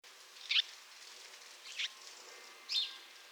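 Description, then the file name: House sparrow chirps: three short, bright notes spaced about a second apart, over steady faint hiss. "Passer domesticus"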